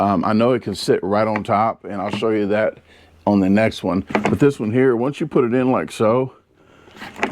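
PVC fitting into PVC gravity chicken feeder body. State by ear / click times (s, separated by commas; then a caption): not seated / none. A PVC fitting is handled and being placed into the body of a PVC gravity chicken feeder; its little ridges are what make it lock into place. Someone talks over faint handling sounds. The piece has not seated or clicked into place yet.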